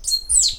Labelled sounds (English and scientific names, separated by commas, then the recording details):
Stitchbird (Notiomystis cincta) song
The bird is a male
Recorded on Tiritiri Matangi Island, New Zealand, in 2005
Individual 10, of nest box 12